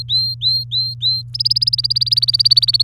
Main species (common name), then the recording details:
Domestic Canary. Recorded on 24 April 2018 at 06:06. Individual llb3